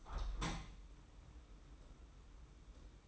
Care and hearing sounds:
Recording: daily activity, microphone in the room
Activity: open window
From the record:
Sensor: 1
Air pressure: 991.3 hPa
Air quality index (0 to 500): 109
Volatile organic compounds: 102 ppm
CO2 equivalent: 3771 ppm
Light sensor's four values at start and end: 37/116/46/47 and 37/117/46/48

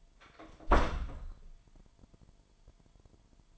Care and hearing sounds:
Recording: daily activity, microphone in the room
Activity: close door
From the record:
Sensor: 5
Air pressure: 998.5 hPa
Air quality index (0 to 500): 82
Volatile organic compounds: 1 ppm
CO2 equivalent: 938 ppm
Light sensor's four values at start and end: 34/82/34/37 and 33/81/34/37

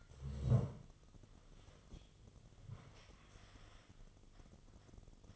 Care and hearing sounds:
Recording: daily activity, microphone in the room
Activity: sit down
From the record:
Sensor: 4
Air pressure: 1005.9 hPa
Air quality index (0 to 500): 98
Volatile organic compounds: 2 ppm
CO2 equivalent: 1223 ppm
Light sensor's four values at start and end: 13/29/11/10 and 13/29/11/10

